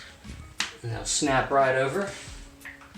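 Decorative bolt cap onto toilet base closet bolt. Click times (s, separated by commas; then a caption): 0.6 s. A plastic decorative cap is pressed over a closet bolt at the base of a new toilet and snaps on with a sharp, short click at 0.6 s, seating the cap. Someone talks before and after the click.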